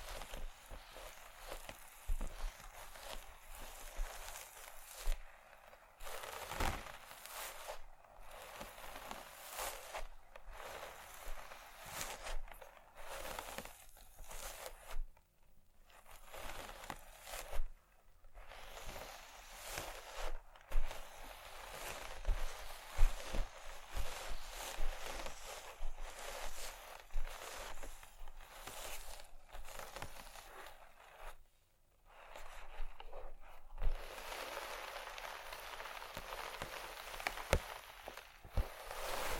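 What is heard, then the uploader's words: A busy run of small handling noises: tapping, scratching and rubbing on vinyl, wood and glass, with a chain rattling now and then. The sounds come in dense, uneven bursts of crinkly, bright texture, broken by short silent gaps near 15, 18 and 32 seconds. Vinyl,wood,tapping,scratchig,chain,glass,etc.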